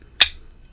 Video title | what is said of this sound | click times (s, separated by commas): Kizer Uprising - Knife Overview - Bring It Back With Improved Detent! | buttery smooth great lock up great sound on the lock up too can you all hear that | 0.2 s